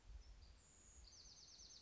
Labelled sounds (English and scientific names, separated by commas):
Bewick's Wren (Thryomanes bewickii)